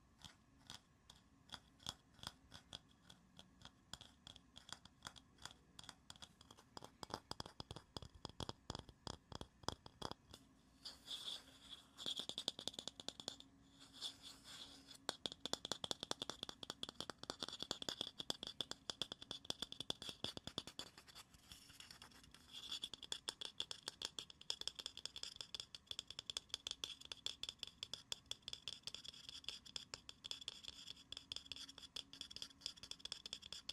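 Rapid tapping and scratching runs throughout, a dense stream of short, crisp clicks with a dry, rattling edge. The taps quicken and thicken around ten seconds in, then stay busy and bright through to the end, with a faint low hum underneath.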